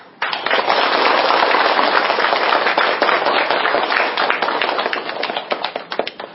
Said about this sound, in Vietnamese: Xin quý vị Phật tử cho một tràng pháo tay thật lớn để đón chào đại đức.